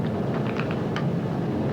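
During strap-in before a demonstration flight, a cockpit fitting, a harness or hose connector, is pushed into its receptacle after a first try failed to engage. Over a steady low rumble, a few light ticks lead to sharp clicks at 0.6 s and 0.96 s. The fitting is confirmed seated.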